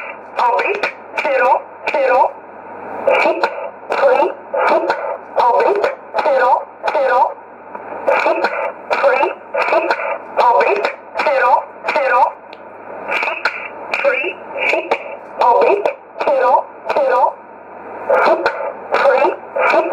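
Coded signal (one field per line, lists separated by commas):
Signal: numbers station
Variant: E11, English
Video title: 14 09 2018 E11 Oblique Numbers station in English to Eu 0717 on 9963 unknown tx site in USB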